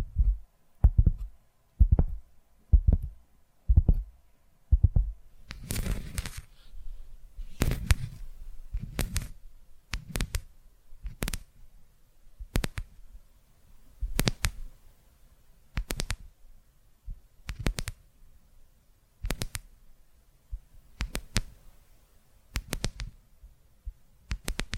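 Tapping in a slow, fairly regular rhythm, one knock about every second, each with a dull low thump. After a few seconds the taps turn sharper and brighter, with a crisp top, and a faint soft rustle fills the gaps between them.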